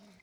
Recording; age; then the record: pig call; piglet (1 to 25 days)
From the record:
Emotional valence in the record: positive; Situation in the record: reunion after long isolation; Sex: female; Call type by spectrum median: low-frequency call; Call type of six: low-frequency stable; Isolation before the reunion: 8 minutes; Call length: 0.23 s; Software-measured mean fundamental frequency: 68 Hz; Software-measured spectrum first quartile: 264 Hz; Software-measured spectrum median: 851 Hz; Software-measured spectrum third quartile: 3105 Hz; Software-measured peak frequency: 198 Hz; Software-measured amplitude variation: 83 dB a second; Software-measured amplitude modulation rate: 22.1 a second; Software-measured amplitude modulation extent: 3.8 dB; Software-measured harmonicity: 5.4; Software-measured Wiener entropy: -1.78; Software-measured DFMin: 1177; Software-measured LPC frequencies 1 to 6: 2125, 3840, 5323, 7140, 8047, 8944 Hz